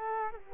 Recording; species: mosquito wingbeat signal from an infrared sensor; Culex quinquefasciatus